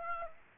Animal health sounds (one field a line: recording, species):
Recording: mosquito wingbeat signal from an infrared sensor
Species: Aedes aegypti